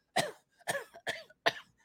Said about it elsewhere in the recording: I would cough even harder. I can't take smoke. Like, I'll die with smoke.